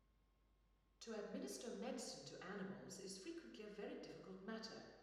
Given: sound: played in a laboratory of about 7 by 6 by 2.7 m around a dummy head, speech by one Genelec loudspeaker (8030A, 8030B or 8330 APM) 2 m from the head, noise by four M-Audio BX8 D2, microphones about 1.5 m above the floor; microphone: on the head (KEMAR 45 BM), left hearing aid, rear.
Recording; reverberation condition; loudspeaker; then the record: female speech in English; high; 120 degrees to the left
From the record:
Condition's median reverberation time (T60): about 1300 ms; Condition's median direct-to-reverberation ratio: about -4.0 dB